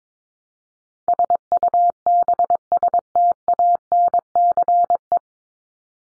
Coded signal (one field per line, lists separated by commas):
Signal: Morse code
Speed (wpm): 22 wpm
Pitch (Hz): 700 Hz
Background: none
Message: SUBSTANCE